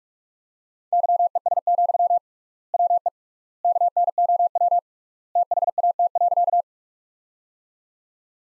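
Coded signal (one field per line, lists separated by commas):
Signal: Morse code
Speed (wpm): 46 wpm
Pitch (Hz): 700 Hz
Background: none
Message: YES, WE KNOW THAT.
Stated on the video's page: Morse practice sentences built from the top 500 words, sent at 45 wpm with 3x standard word spacing, similar to Farnsworth.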